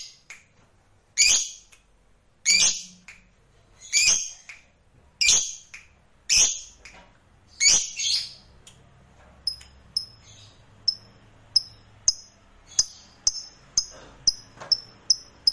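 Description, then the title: Lovebird calls: harsh shrill squawks every second or so, giving way to a run of short, sharp, high chips in quicker succession. Recording meant to stir a reluctant lovebird into spirited, spontaneous singing right away. "LOVEBIRD Malas Bunyi JADI GREGET SPONTAN Langsung NARIK"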